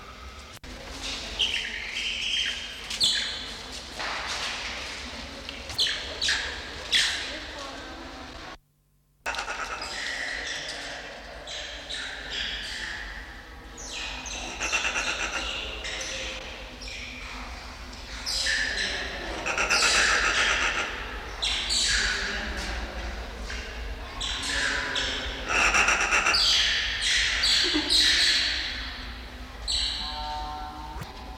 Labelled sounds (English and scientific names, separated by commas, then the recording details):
Banded Mongoose (Mungos mungo)
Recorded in captivity
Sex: male
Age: adult
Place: Zoo Halle, Sachsen-Anhalt, DE
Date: 1993-04-24 11:52
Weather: heiter, 16-24 °C
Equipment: Sony WM-D6C, Sony ECM-939 LT, Kopie Uher Variocord 263
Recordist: Tembrock, Günter
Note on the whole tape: Diverse Lautformen